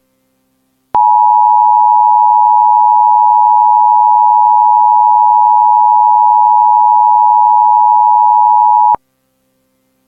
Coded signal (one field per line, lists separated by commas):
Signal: Emergency Alert System (SAME) tones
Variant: 853 and 960 Hz attention tone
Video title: RockyCable Part 2 | EAS Short (May 23, 2002)